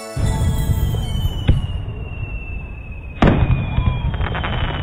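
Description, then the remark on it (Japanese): Fireworks at a fireworks festival burst with two sharp, loud bangs a couple of seconds apart, each followed by fizzing crackles, over a steady low rumble of continuous explosions. “真正面に上がる美しい花火を見て、真宙がまた嬉しそうな歓声を上げた。”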